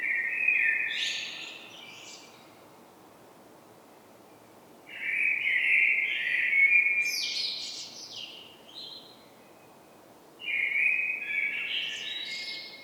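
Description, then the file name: Common blackbird giving three rich whistled phrases several seconds apart, each finishing in a high, squeaky, chattering tail over a quiet background. "Turdus merula"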